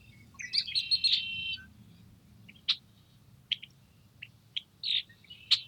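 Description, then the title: Red-winged blackbird song, a harsh buzzy trill at the start, followed by several sharp separate chack notes spaced through the rest, over a low rumble. Morning song of wild birds nesting in cattails near the recordist's house, Montana, April 21, 2022, after fresh snow; birds wary of the microphone; Rode NTG-2 shotgun mic with dead cat on boom pole, Zoom H4N. "Field Recording: Morning song of the Red-Winged Blackbirds"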